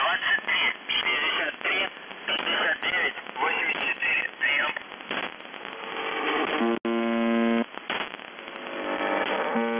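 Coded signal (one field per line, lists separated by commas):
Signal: channel marker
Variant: UVB-76 (The Buzzer)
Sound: radio voice for five seconds, then harsh low buzzes with short gaps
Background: radio static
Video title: The Buzzer/UVB-76(4625Khz) May 24, 2021 Voice messages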